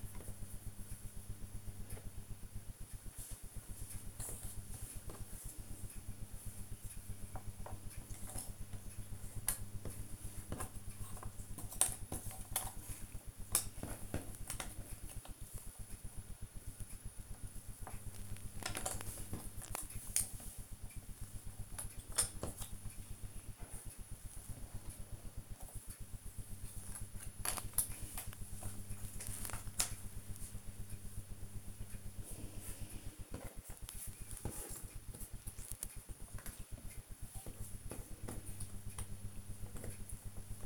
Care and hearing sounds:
household activities, microphone on the right wrist
0.00-40.66 s: doing a puzzle

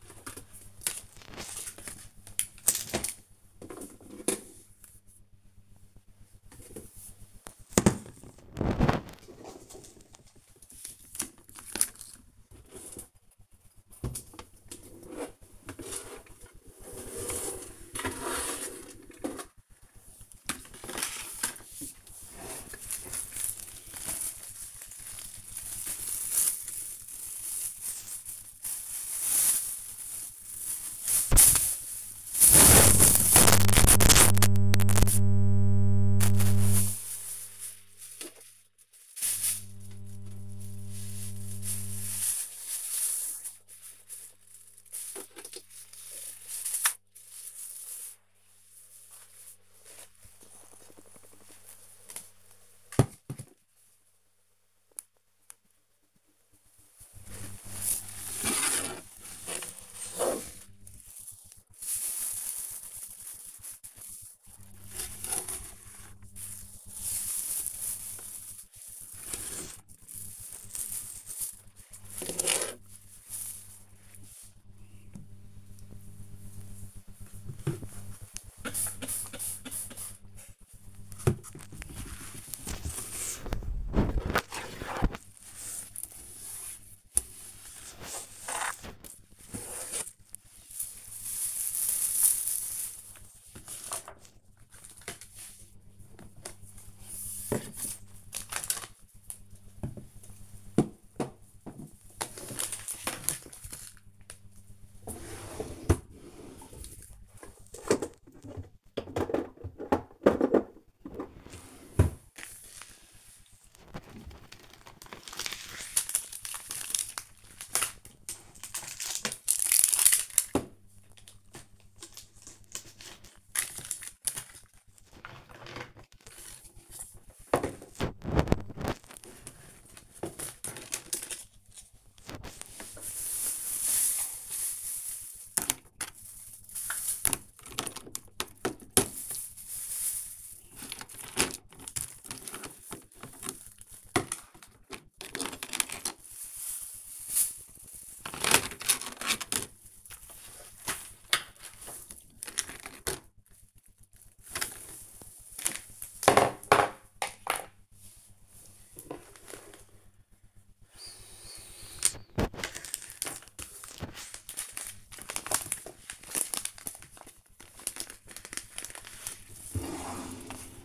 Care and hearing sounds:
household activities, microphone on the right wrist
0.00-67.28 s: tidy up the cupboard
79.33-141.66 s: cleaning the cupboard
145.68-170.85 s: tidy up the cupboard

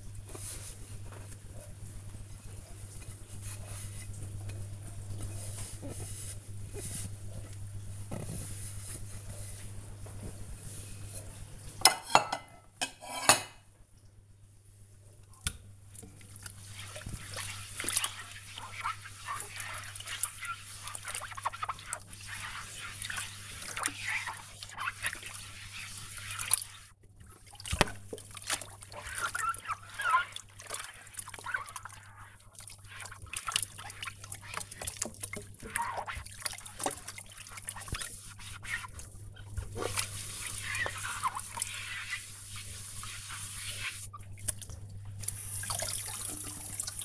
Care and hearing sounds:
household activities, microphone on the right wrist
0.00-47.05 s: washing dishes

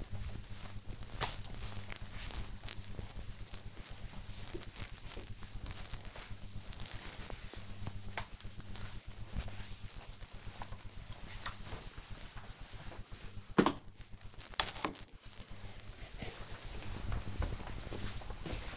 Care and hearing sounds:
household activities, microphone on the right wrist
0.00-12.74 s: floor cleaning

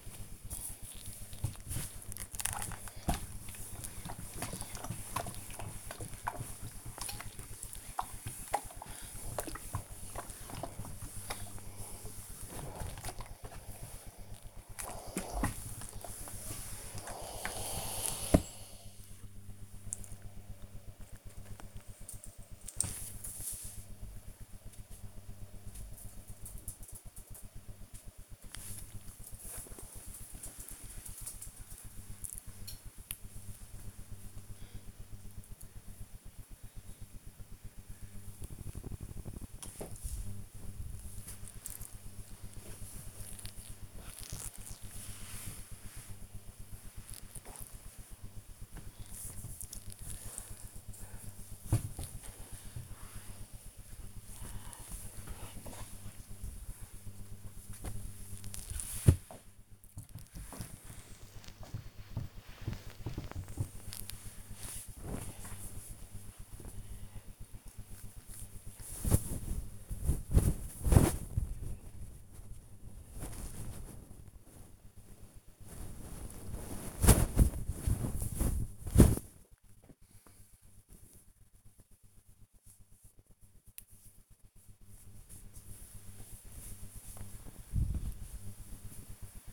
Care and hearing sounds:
household activities, microphone on the right wrist
0.00-20.82 s: ironing laundry
27.84-56.99 s: folding laundry
60.01-89.52 s: ironing laundry

